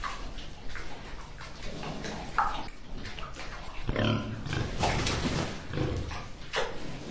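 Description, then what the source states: Pig grunts and snorts, rough irregular bursts with occasional higher squeals amid steady background noise. Pigs in a pigpen.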